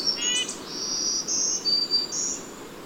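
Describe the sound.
Bird song of long, high, pure whistles that step between pitches, opened by one brief buzzy harmonic chirp, with faint background hiss.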